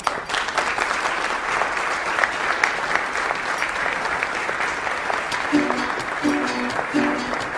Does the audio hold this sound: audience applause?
yes